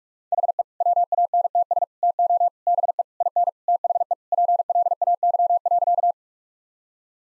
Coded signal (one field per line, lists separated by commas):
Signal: Morse code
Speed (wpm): 46 wpm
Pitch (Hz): 700 Hz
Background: none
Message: HE WANTS TO BE IN THE PLAY.